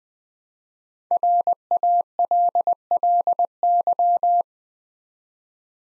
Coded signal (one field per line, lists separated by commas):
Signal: Morse code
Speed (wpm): 20 wpm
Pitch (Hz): 700 Hz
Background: none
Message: RALLY